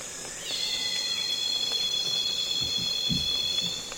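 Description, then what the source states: Cicadas calling: a sudden onset of a sustained shrill buzzing drone lasting almost to the end, with soft low insect flight buzzes. Loud cicadas calling on a calm afternoon in Congo basin rainforest, with other insects flying and buzzing close to the microphones.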